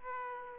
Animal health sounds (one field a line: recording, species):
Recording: mosquito wingbeat signal from an infrared sensor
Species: Aedes aegypti